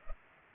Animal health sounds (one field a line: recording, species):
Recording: mosquito wingbeat signal from an infrared sensor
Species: Culex pipiens